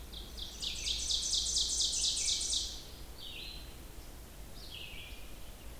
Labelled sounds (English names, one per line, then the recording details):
Ovenbird song
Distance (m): 30 m
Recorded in boreal forest in Alberta, Canada, on 16 June 2016 at 06:00
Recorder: SongMeter 3, array SBT-3-32
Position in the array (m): 89 m, 24 m
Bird 36